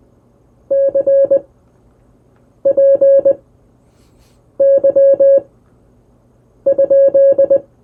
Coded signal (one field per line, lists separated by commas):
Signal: Morse code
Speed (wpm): 20 wpm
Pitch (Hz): 550 Hz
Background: none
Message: CPY?